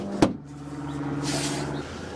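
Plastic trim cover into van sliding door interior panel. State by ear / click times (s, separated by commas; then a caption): not seated / none. The upper plastic trim cover over the interior sliding door handle of a 2015–2019 Ford Transit van is pressed into the door's interior panel. A single short knock at 0.2 s is followed by a steady low hum and a soft hiss. The cover has not snapped into place; nothing has seated or clicked yet.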